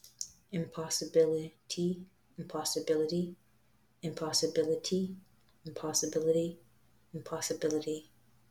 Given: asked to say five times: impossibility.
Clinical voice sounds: repeated word; female; 20 to 29 years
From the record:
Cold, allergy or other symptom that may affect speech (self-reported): no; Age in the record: 20 years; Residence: Florida, United States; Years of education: 14

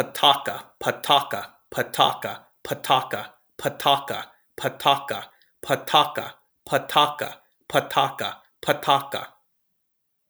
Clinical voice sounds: repeated syllables /pa ta ka/; male; 40 to 49 years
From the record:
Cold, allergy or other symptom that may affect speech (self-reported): no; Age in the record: 42 years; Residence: Ohio, United States

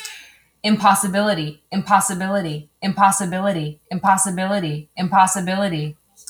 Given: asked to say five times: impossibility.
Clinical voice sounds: repeated word; male; 30 to 39 years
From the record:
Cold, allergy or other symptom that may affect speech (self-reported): no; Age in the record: 32 years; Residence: Washington, United States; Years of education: 16

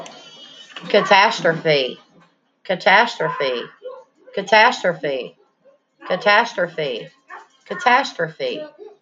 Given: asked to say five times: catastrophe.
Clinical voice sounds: repeated word; female; 30 to 39 years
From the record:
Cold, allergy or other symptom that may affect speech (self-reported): no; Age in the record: 38 years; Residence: Texas, United States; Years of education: 15

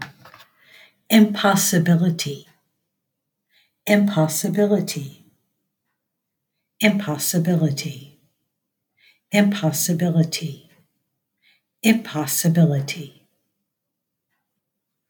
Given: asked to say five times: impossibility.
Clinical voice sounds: repeated word; female; 50 to 59 years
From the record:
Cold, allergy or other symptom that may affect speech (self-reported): no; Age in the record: 59 years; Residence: United States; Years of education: 16

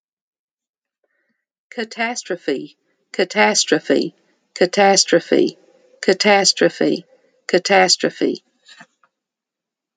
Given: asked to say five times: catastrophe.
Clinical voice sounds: repeated word; female; 50 to 59 years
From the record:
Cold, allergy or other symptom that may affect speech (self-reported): no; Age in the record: 59 years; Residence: Kentucky, United States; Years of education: 12

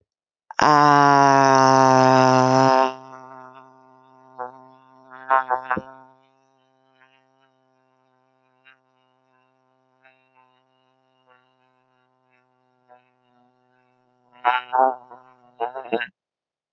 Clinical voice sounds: vowel held as long as possible; female; 30 to 39 years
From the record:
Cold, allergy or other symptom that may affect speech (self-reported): no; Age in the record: 38 years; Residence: New York, United States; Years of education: 16

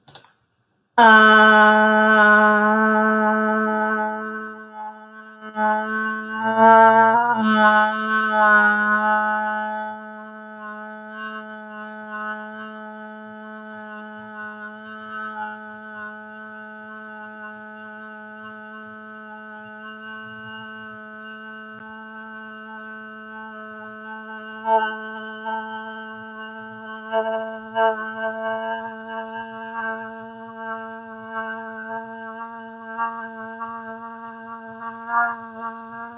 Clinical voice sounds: vowel held as long as possible; female; 30 to 39 years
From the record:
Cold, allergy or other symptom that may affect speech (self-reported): no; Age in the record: 35 years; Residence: North Carolina, United States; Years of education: 14

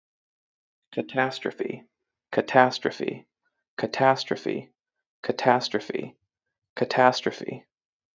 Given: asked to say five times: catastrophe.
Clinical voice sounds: repeated word; male; 20 to 29 years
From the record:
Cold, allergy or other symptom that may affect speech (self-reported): no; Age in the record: 25 years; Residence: Ohio, United States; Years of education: 17

